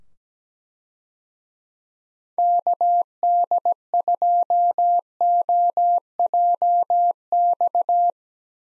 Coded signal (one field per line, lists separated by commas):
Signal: Morse code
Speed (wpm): 17 wpm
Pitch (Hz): 700 Hz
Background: none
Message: KD2OJX